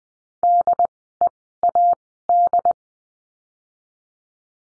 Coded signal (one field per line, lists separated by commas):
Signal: Morse code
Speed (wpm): 20 wpm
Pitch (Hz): 700 Hz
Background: none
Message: DEAD